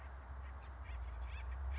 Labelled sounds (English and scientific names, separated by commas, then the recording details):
Acorn Woodpecker (Melanerpes formicivorus)
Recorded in Sonoma County, California